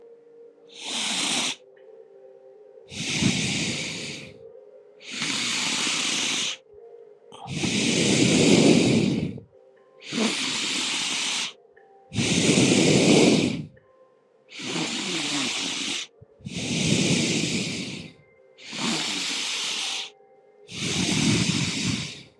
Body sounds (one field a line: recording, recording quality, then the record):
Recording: deep breathing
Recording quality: excellent, no background noise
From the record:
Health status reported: healthy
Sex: male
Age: 25 years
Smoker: yes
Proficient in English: yes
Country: India